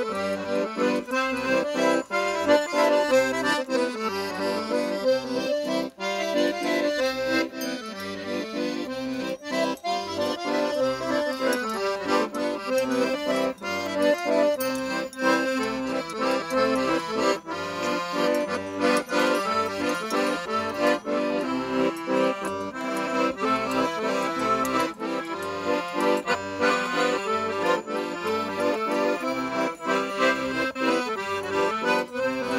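An accordion plays steadily for the whole stretch, with full, reedy chords and a busy melody running above them. A regular low bass pulse keeps time underneath, and the volume stays even throughout with no pauses.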